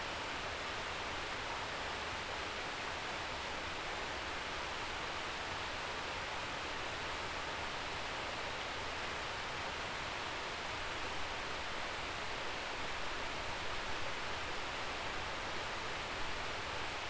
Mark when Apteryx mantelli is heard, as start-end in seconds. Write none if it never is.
none